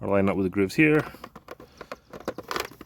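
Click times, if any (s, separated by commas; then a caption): none. A Toro 60V battery pack is lined up by its grooves and slid along them toward the battery slot in the handle of a string trimmer. Someone talks, then quiet plastic handling knocks and rattles follow, with sharper taps around 1.9 to 2.6 s. The pack has not clicked or seated yet.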